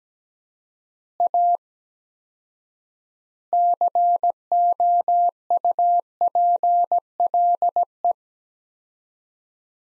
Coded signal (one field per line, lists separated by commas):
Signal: Morse code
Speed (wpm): 17 wpm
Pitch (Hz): 700 Hz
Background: none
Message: A COUPLE